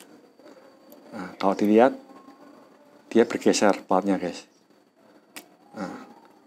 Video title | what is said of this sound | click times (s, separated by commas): Strap - Tali Ratchet - Tie Down, ikat barang jadi mudah, cara penggunaan, serta penyimpanannya. | terkunci di sini dan dan akhirnya ini tidak terkunci guys jadi pada saat ini Akhirnya | 5.4 s